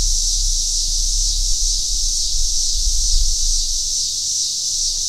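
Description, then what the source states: Eastern scissor grinder chorus: a shrill, constant buzzing hum at steady volume, with faint low rumbling in the background. A chorus of cicadas.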